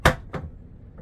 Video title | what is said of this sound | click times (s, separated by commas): Klein's new modbox 2.0 rolling box and drawer boxes review | You push them in towards the middle to be able to unlatch | 0.1 s